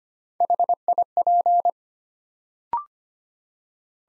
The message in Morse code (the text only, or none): HIP